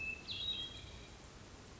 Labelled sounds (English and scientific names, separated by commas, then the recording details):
Hermit Thrush (Catharus guttatus)
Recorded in Sonoma County, California